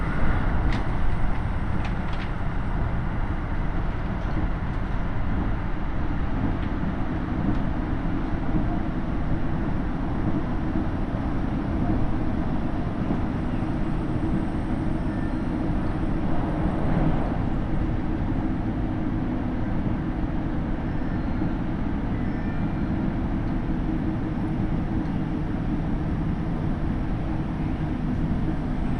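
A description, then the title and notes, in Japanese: A KiHa 75 diesel train runs on the Takayama Line between Gifu and Mino-Ota, its low, steady rumble filling the whole clip at an even level. A dense rattle of wheels and engine persists throughout, with a few faint brighter clicks early on and around seventeen seconds. 高山本線 岐阜→美濃太田（キハ75）。車両はキハ75系で快速みえ号にも使われています。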